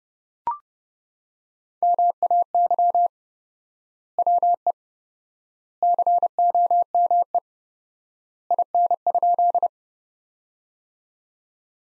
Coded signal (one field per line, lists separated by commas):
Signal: Morse code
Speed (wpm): 30 wpm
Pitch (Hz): 700 Hz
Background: none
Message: MAY WE COME IN?